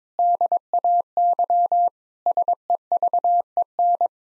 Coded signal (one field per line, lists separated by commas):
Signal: Morse code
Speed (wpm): 22 wpm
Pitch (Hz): 700 Hz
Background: none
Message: DAY SEVEN